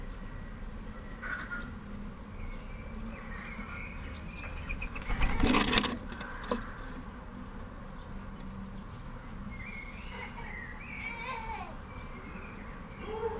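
Close-up sounds at a bird feeder, with small chirps and chatters scattered through the clip and a steady low rumble underneath. A loud rustling scrape around five to six seconds, likely wings or seed shifting, is followed by a sharp tap.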